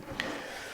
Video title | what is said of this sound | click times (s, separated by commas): Festool OF 1400 Router overview part 1 | bring the lever down, and that's locked into place. | 0.2 s